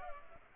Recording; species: mosquito wingbeat signal from an infrared sensor; Culex pipiens